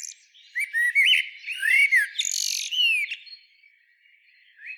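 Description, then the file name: Common blackbird song: a short phrase of rich arching whistles ending in a high, scratchy squeak, then near silence. "Turdus merula"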